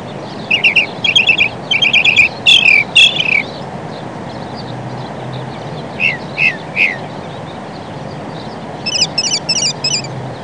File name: Northern Mockingbird